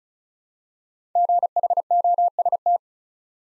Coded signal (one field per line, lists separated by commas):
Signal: Morse code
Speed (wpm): 36 wpm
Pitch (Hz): 700 Hz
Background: none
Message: GHOST